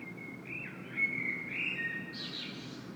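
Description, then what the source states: Common blackbird, one sliding whistled phrase followed by a soft high squeaky twitter, over low background hum. Recorded in Saint-Gilles, Belgium, blackbird singing; made with a Sony PCM-M10 internal microphone.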